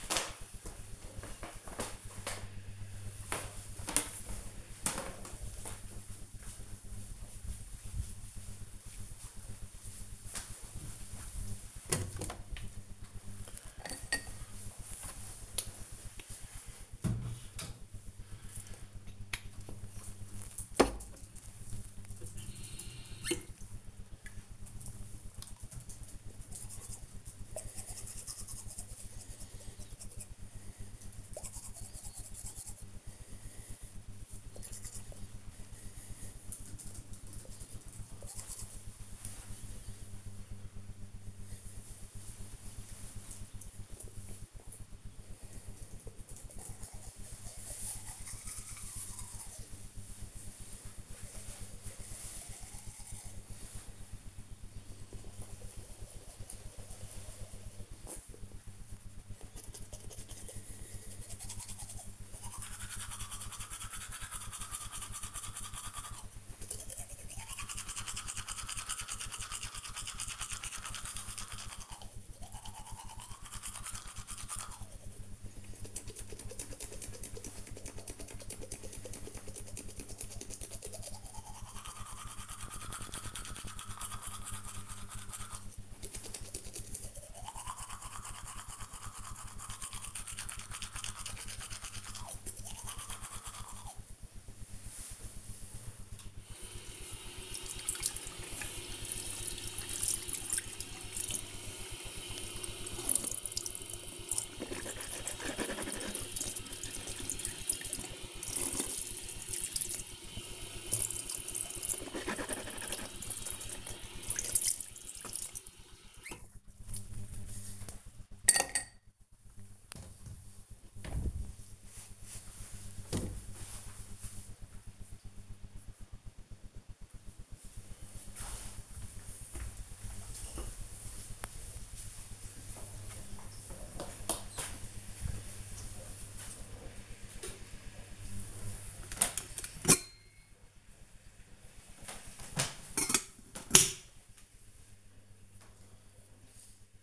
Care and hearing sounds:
household activities, microphone on the right wrist
12.82-117.66 s: brushing teeth
136.83-147.03 s: making tea

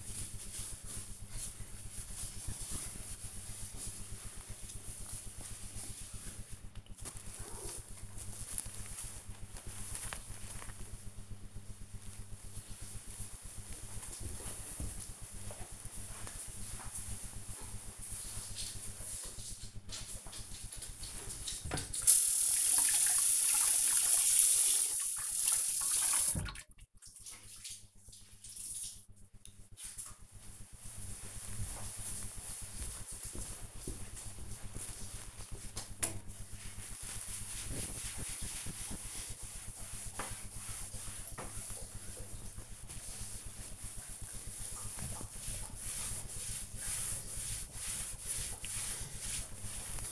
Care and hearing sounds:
household activities, microphone on the right wrist
0.00-7.42 s: window cleaning
19.50-50.12 s: cleaning table

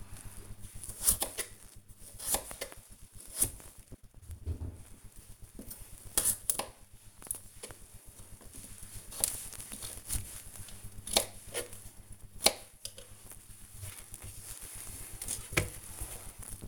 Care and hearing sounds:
household activities, microphone on the right wrist
0.00-16.68 s: cutting vegetables

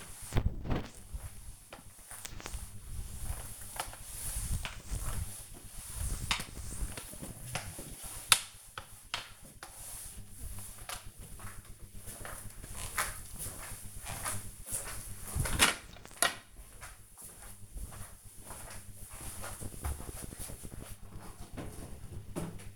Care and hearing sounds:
household activities, microphone on the right wrist
0.00-11.05 s: floor cleaning

